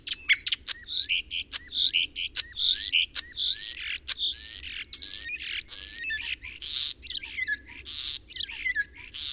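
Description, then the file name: Common starling song: a dense, rambling medley of sharp clicks, dry rattles, wheezy squeaks and short slurred whistles, delivered almost without pause throughout. Bird common in Estonia. "kuldnokk"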